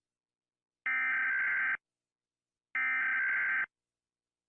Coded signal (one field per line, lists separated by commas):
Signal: Emergency Alert System (SAME) tones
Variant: header bursts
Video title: Rating EAS From Around the World.